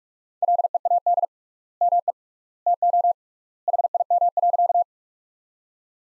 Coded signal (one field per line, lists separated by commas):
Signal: Morse code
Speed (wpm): 46 wpm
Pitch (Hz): 700 Hz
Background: none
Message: LEAD ME TO HIM.